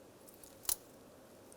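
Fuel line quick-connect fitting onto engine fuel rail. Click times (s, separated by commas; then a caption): 0.7 s. The quick-connect fitting on the fuel supply line of a 2005-2010 Dodge Dakota is pushed onto the metal engine fuel rail until it latches. A single sharp click rings out at 0.7 s, with only faint small ticks around it. The fitting is seated and locked onto the rail.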